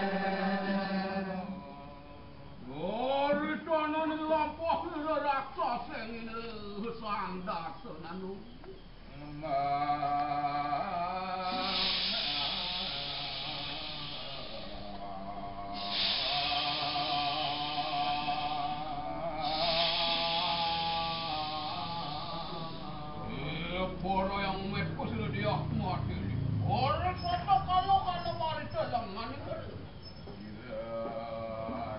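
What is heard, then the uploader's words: A Kecak chant performance: massed male voices in tight rhythmic chanting, with swooping solo vocal lines rising and falling and brief hissing bursts midway. A performance of the Kecak (Ramayana Monkey Chant) in Ubud, on the island of Bali, Indonesia.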